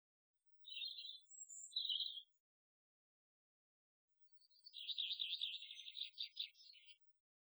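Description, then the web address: Bird gives two short high chirps, then after a pause a fast warbling trill that wavers up and down. "Animals Birds Birdsong Isolated"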